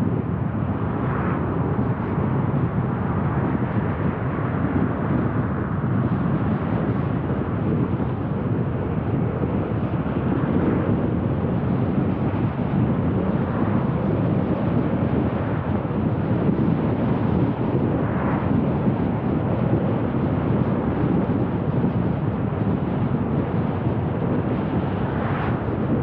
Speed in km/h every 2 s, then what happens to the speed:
48, 49, 50, 51, 54, 57, 59, 60, 59, 58, 56, 54, 52.
0-13 speeds up to 60. 13-26 slows to 52.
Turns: none.